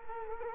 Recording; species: mosquito wingbeat signal from an infrared sensor; Culex quinquefasciatus